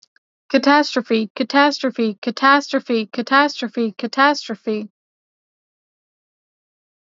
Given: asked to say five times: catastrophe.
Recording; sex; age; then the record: repeated word; female; 20 to 29 years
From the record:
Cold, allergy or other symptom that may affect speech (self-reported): no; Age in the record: 28 years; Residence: Arkansas, United States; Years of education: 19